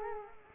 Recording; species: mosquito wingbeat signal from an infrared sensor; Culex quinquefasciatus